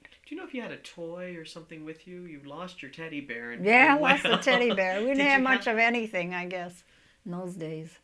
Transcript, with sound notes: Do you know if you had a toy or something with you. You lost your teddy bear –
Yeah, lost the teddy bear. (all laugh) Didn't have much of anything I guess in those days.